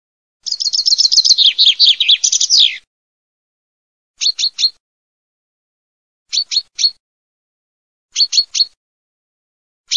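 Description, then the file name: Common chaffinch song: a bright, fast descending trill of bouncing notes, followed by short clusters of three sharp high notes repeated about every two seconds. "FRINGUELLO"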